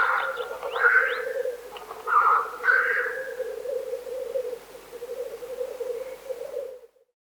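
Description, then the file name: Black grouse bubbling song, a continuous low cooing warble, broken by several loud hoarse hissing sneezes in the first three seconds. "teterev"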